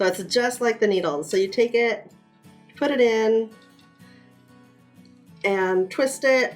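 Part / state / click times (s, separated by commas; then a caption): interchangeable circular needle cord into cord connector / not seated / none. Someone talks while an Addi Click interchangeable circular needle cord end is pushed into a cord connector (joiner) and twisted to lock it, joining cords into a longer cord. Between bursts of talk there are quiet stretches of faint handling, with a brief soft tick near 5.1 s. The clip ends before the cord goes home, so nothing has seated or clicked yet.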